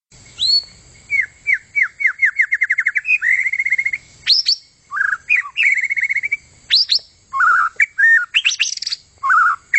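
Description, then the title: White-rumped shama singing a long varied sequence: a high rising whistle, a rapid series of repeated descending notes, a fast rattle, then mellow looping whistles and sharp chips. "kicau murai batu panjang"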